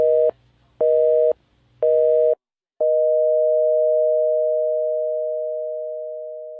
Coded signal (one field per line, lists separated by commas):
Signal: telephone call progress tone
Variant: North America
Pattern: busy tone